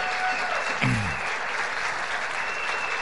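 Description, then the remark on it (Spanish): Steady audience applause for a group of people asked to stand, a dense, even patter of many hands clapping throughout, with a brief low vocal murmur near the start rising over the noise. “Para ellos, por favor, pónganse en pie para que podamos darles un aplauso.”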